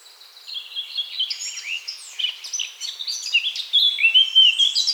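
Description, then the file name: Eurasian blackcap warbling, starting with soft chattering notes and building to loud, clear fluty whistles toward the close. "Sylvia atricapilla"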